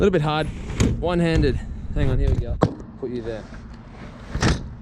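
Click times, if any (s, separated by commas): 4.4 s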